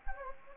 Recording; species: mosquito wingbeat signal from an infrared sensor; Anopheles gambiae